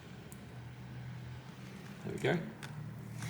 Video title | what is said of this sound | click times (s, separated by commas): Nohon Iphone 12 Pro Max Battery Replacement | it's lined up pushed down clicked into position | 0.3 s